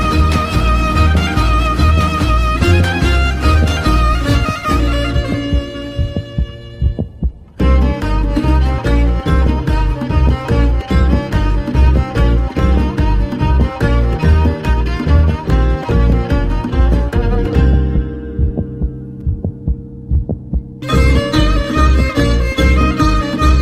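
A real adult heartbeat, its heart sounds used as a slow percussive accompaniment mixed into instrumental music.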